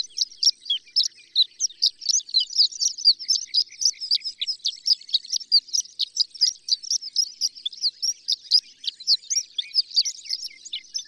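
Horned lark song, a long rapid stream of high, tinkling, twittering notes with scarcely a pause throughout.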